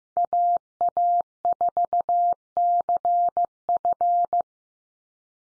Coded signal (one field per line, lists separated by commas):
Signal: Morse code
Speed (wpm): 15 wpm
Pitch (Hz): 700 Hz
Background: none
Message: AA4CF